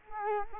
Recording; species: mosquito wingbeat signal from an infrared sensor; Culex quinquefasciatus